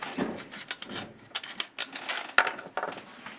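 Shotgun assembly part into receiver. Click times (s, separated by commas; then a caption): 2.4 s. An assembly part of an Akkar 335 turkey shotgun is pushed again into the receiver after a failed try, with soft scraping and handling noises. It then locks in with a loud, sharp metallic click at 2.4 s. The part is seated.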